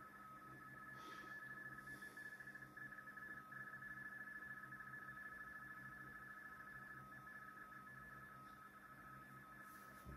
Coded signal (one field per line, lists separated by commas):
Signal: RTTY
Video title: XIEGU X6100 - R1CBU Soft in RTTY